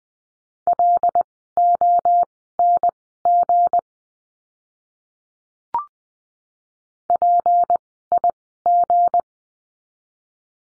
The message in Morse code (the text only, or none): LONG PIG